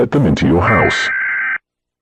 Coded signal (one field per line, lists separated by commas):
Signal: Emergency Alert System (SAME) tones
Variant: header bursts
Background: speech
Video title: EAS Scenario: National Lockdown